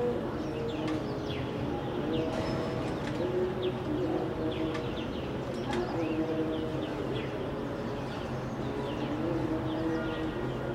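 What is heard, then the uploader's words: Sung or chanted tones from daily mass at a nearby Orthodox church hold low and steady, with held notes returning every few seconds. Birds chirp and twitter throughout in quick bright calls, and a cooing pigeon joins them over a constant low rumble of distant traffic. Addis Ababa - Skyline - Chanting. The sounds of daily mass from a nearby Orthodox church can be heard above distant traffic and birdsong.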